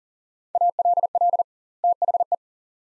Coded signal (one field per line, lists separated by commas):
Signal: Morse code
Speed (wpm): 37 wpm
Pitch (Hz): 700 Hz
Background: none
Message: ALL THE